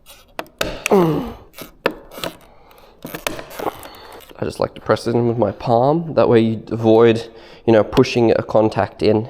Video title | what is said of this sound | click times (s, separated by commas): VW Polo 9n Mirror Cap Assembly - Disassembly | If you line it up right, it'll just click in place. | 0.6 s, 0.9 s, 1.9 s